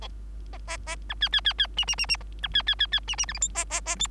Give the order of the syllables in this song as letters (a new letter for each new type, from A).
A A A B C C C C D D D D B C C C C D D E F G A A A H